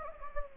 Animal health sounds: mosquito wingbeat signal from an infrared sensor; Anopheles gambiae

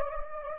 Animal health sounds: mosquito wingbeat signal from an infrared sensor; Anopheles gambiae

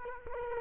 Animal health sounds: mosquito wingbeat signal from an infrared sensor; Culex quinquefasciatus

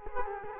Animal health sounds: mosquito wingbeat signal from an infrared sensor; Culex quinquefasciatus

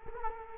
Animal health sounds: mosquito wingbeat signal from an infrared sensor; Culex quinquefasciatus

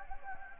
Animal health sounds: mosquito wingbeat signal from an infrared sensor; Anopheles gambiae

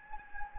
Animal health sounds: mosquito wingbeat signal from an infrared sensor; Anopheles gambiae

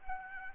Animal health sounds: mosquito wingbeat signal from an infrared sensor; Aedes albopictus

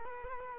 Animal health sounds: mosquito wingbeat signal from an infrared sensor; Culex quinquefasciatus

